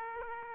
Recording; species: mosquito wingbeat signal from an infrared sensor; Aedes aegypti